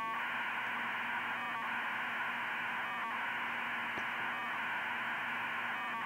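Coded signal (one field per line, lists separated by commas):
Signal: radiosonde or satellite telemetry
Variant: 2400 baud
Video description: A test to see if 2400 baud can be used with my HAB flight computer. Received with a Funcube Dongle and Spectravue, demodulated in a modified fldigi.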